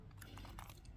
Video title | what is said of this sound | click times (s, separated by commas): GI JOE CLASSIFIED SERIES FERRET SCOUT AND FERRET ATV REVIEW: IS IT WORTH THE PRICE I PAID? | I'm waiting for a click and there was no click so I'm guessing a little little push might help that | none